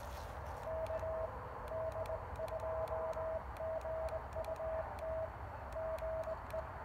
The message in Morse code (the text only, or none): KD2GUT GE